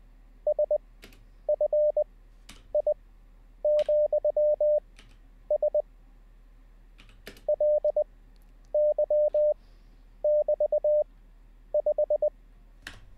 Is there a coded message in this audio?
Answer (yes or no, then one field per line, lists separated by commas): yes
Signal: Morse code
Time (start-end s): 0.5-12.3 s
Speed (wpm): 20 wpm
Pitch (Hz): 590 Hz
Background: none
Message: SFI,S LY<BT>5